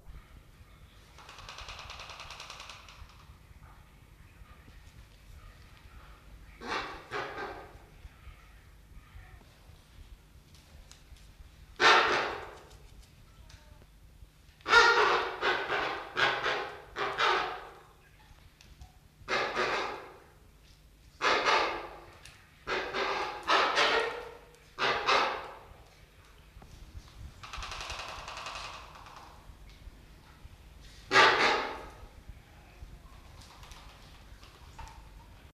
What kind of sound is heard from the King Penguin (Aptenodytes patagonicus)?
courtship call